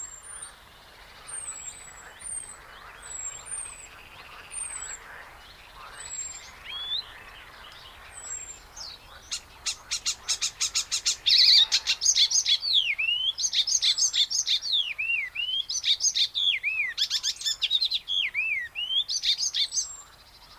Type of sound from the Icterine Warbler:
song